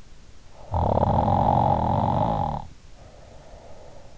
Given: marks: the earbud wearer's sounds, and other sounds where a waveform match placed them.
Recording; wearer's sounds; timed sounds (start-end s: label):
sounds in sleep by an in-ear microphone; snoring breath
0.33-4.18 s: snoring breath